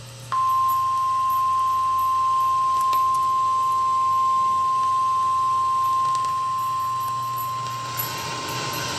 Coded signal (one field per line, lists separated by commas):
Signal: Emergency Alert System (SAME) tones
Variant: 1050 Hz attention tone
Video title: Severe Thunderstorm Warning (EAS #253)